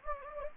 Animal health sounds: mosquito wingbeat signal from an infrared sensor; Anopheles gambiae

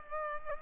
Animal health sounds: mosquito wingbeat signal from an infrared sensor; Culex pipiens

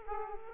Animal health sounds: mosquito wingbeat signal from an infrared sensor; Aedes aegypti

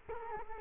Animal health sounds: mosquito wingbeat signal from an infrared sensor; Culex quinquefasciatus

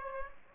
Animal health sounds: mosquito wingbeat signal from an infrared sensor; Aedes aegypti

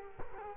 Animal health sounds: mosquito wingbeat signal from an infrared sensor; Culex quinquefasciatus

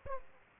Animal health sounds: mosquito wingbeat signal from an infrared sensor; Aedes aegypti

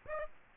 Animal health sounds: mosquito wingbeat signal from an infrared sensor; Aedes aegypti

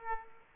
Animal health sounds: mosquito wingbeat signal from an infrared sensor; Aedes aegypti

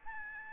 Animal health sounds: mosquito wingbeat signal from an infrared sensor; Aedes albopictus

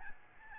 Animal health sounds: mosquito wingbeat signal from an infrared sensor; Aedes albopictus

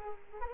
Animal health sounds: mosquito wingbeat signal from an infrared sensor; Culex quinquefasciatus

